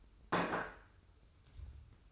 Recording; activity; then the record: daily activity, microphone in the room; place plate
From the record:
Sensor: 2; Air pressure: 990.7 hPa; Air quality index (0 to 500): 153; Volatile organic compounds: 484 ppm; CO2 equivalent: 4798 ppm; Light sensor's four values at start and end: 28/65/26/27 and 28/65/27/27